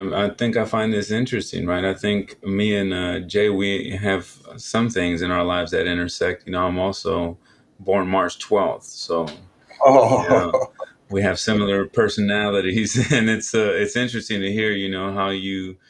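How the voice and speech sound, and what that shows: A man speaks in a low, steady conversational voice with smooth, fluent phrasing, occasional 'you know' fillers and brief natural pauses. There are no blocks, repetitions or prolongations, and the voice quality is clear: typical adult speech.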